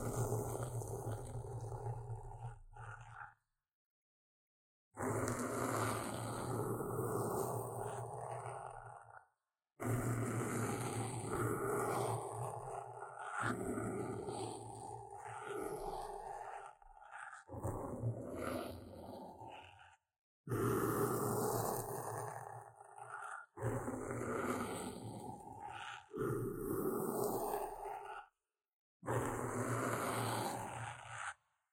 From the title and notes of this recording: Tingly Intense Scratching | NO Talking.